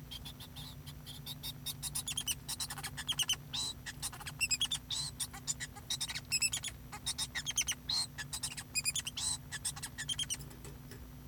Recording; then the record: song of a male Bengalese finch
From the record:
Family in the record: son of father 2